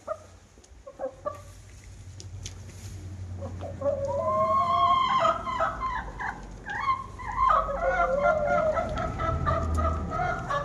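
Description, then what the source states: Chickens building from sparse soft clucks into loud, insistent cackling with repeated rising notes. Hens cackling while eating in the recordist's own henhouse.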